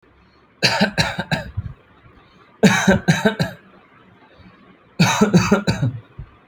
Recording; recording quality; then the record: shallow voluntary cough; excellent, no background noise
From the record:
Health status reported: healthy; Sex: male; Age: 31 years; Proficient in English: yes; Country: India